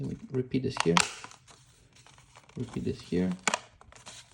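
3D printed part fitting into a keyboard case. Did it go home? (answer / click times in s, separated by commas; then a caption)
no / none. A 3D printed part is being fitted into a plastic keyboard case, which is bent outwards while the part is pressed in. Someone talks, with soft crinkling handling noises and a few faint ticks between about 2.0 and 4.0 seconds. Nothing has seated or clicked yet.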